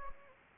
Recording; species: mosquito wingbeat signal from an infrared sensor; Anopheles gambiae